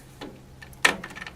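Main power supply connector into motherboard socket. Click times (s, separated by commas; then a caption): 0.9 s. The big main power supply connector is lined up by its clip side and pressed into the motherboard socket. After a faint tick near 0.2 s, it latches with one sharp, bright click at 0.9 s, followed by a few soft rustles. The connector is seated in the motherboard.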